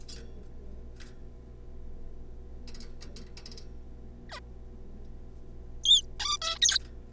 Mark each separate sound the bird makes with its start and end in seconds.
4.29-4.39, 5.84-6.02, 6.19-6.37, 6.42-6.58, 6.62-6.78